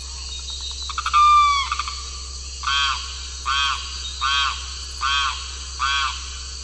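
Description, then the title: Limpkin calling, a stuttering rattle then a loud wailing cry, followed by five repeated nasal harmonic calls, over a low hum. Nominate subspecies Aramus guarauna guarauna. "LuckyPassaro Completos2Sama. Limpkin (Aramus guarauna guarauna)"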